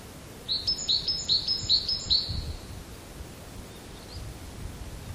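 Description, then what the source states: Great tit singing a rapid, even series of several high two-note phrases that stop abruptly, followed by a faint note and light background hiss. Pine forest, recorded in 2020.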